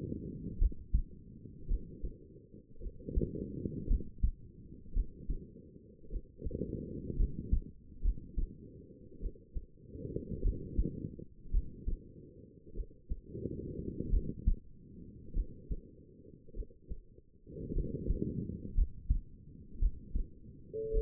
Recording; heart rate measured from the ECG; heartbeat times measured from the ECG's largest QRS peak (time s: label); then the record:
heart sounds by stethoscope; 53 bpm
0.59 s: heartbeat
1.68 s: heartbeat
2.81 s: heartbeat
3.88 s: heartbeat
4.94 s: heartbeat
6.10 s: heartbeat
7.17 s: heartbeat
8.03 s: heartbeat
9.20 s: heartbeat
10.43 s: heartbeat
11.52 s: heartbeat
12.75 s: heartbeat
14.11 s: heartbeat
15.34 s: heartbeat
16.54 s: heartbeat
17.74 s: heartbeat
18.75 s: heartbeat
19.80 s: heartbeat
20.92 s: heartbeat
From the record:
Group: healthy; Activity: rest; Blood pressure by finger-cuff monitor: 111/68 mmHg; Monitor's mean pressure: 83 mmHg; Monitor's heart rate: 50 bpm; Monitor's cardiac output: 4.9 L/min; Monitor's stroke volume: 94 mL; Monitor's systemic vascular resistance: 1230 dyn s/cm5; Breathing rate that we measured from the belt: 17 breaths a minute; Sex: female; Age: 28 years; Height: 170 cm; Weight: 77 kg